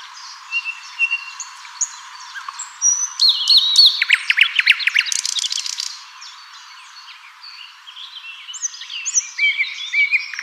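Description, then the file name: Common nightingale singing: a burst of rapid, rattling repeated notes and sharp whistles, then quieter chattering phrases. "Luscinia megarhynchos"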